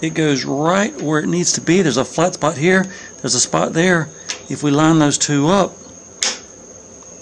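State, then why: Seated. During a test fit on a Cub Cadet mower rebuild, a metal eyebolt is pushed into a mower bracket after its flat spots are lined up with the mating part. Someone talks over a faint steady high-pitched whine, then a single sharp snap at 6.2 s as the eyebolt seats in the bracket.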